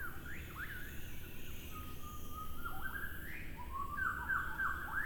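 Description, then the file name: White-rumped shama song: varied whistled phrases, some sliding up or down and others held steady, a brighter warbled run near the end, over steady low rumbling background noise. Recorded at Shoushan. "壽山-白腰鵲鴝"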